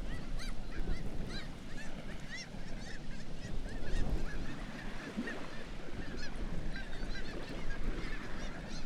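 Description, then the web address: Black-legged kittiwakes calling, many overlapping nasal, arched calls repeated rapidly throughout, over a steady low rumbling background. "Black legged kittiwake. صدای-پرنده-کاکایی-پاسیاه"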